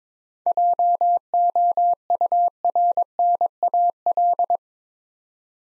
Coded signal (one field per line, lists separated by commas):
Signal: Morse code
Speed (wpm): 22 wpm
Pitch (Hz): 700 Hz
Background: none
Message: JOURNAL